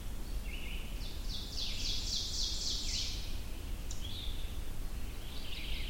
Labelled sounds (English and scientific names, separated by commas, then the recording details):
Ovenbird (Seiurus aurocapilla) song
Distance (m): 40 m
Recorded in boreal forest in Alberta, Canada, on 22 June 2016 at 05:03
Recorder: SongMeter 3, array SBT-6-76
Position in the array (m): 150 m, 114 m
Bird 3